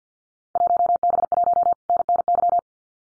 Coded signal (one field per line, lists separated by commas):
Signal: Morse code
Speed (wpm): 50 wpm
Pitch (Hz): 700 Hz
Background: none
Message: 1B1 NNY